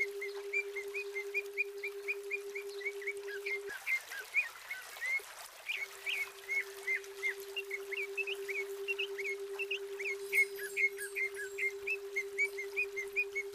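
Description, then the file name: Greater green leafbird chirping in a fast run of short notes near the same pitch, with a steady low hum underneath most of the time. Female bird. "cucak ijo betina"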